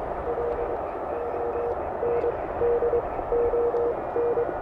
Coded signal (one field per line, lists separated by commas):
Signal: Morse code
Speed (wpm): 23 wpm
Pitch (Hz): 470 Hz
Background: none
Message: LONDON